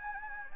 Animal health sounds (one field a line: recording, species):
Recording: mosquito wingbeat signal from an infrared sensor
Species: Anopheles gambiae